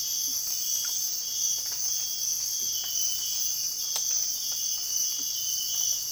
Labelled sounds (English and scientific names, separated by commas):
none